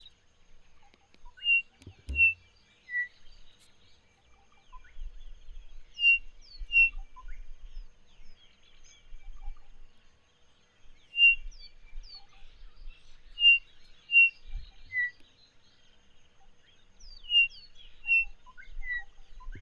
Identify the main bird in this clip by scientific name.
Batis molitor